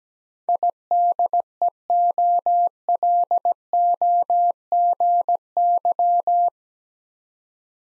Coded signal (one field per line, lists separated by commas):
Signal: Morse code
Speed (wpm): 17 wpm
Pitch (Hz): 700 Hz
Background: none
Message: IDEOLOGY